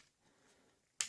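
A plastic Transformers: Generations Combiner Wars Motormaster robot toy has its legs swung out during transformation, and the plastic leg joint at the hip ratchets into position. After about a second of near silence, a single sharp, bright snap-like click is heard at 1.0 s. The hip joint has seated into place.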